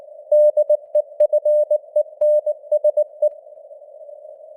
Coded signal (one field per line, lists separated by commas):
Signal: Morse code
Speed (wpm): 19 wpm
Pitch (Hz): 600 Hz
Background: none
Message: DEFENSE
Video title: Morse Code News | 2025-12-05 | 19wpm